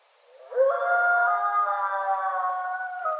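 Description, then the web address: Coyote howl: a single sustained tonal note rising at onset, then holding steady with rich harmonics for about two and a half seconds. Several coyotes on 28 May 2013. "Coyote 2013 05 28 Coyotes"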